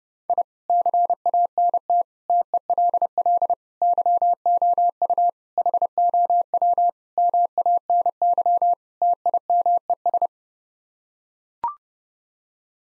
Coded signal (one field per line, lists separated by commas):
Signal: Morse code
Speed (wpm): 30 wpm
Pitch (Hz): 700 Hz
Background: none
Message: I CANT TELL YOU HOW MANY TIMES